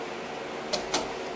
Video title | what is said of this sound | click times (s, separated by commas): How to replace all the rubber brake hoses on a Ford | put a clip here oh snap right in ready | 0.9 s